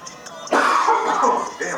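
An adult man coughs after something catches in his throat.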